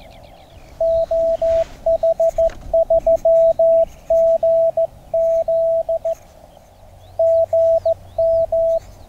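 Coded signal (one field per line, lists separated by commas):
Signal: Morse code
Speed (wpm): 15 wpm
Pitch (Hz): 660 Hz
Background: radio noise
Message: OH3GZ GM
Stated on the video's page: LNR MTR4B four-band Mountain Topper radio in a field test, with an end-fed half-wave aerial.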